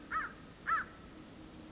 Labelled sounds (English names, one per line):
American Crow